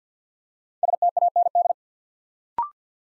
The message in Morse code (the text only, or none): STAND